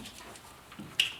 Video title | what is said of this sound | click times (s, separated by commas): 2008 Chevy Colorado-Alternator Replacement | Hear it click. | 1.0 s